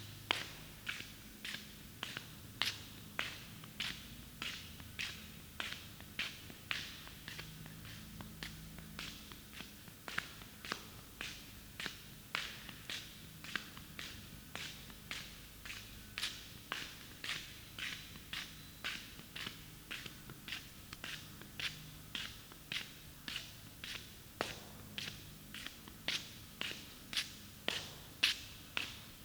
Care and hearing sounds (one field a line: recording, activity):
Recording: daily activity, guitar pickup as the sensor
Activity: walk